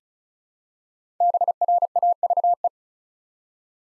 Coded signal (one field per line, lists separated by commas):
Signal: Morse code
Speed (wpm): 36 wpm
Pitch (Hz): 700 Hz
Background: none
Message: BRAVE